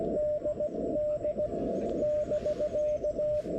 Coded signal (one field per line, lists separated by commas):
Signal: Morse code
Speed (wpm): 17 wpm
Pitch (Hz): 600 Hz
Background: radio noise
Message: DD <BK>